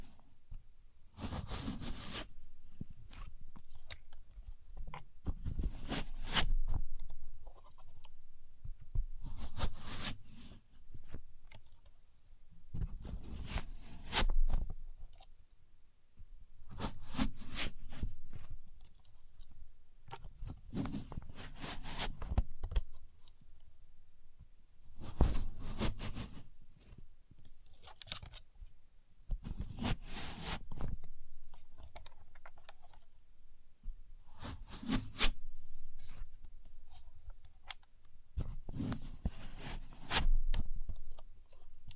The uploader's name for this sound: Using A Contour Gauge (No Talking)